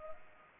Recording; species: mosquito wingbeat signal from an infrared sensor; Anopheles gambiae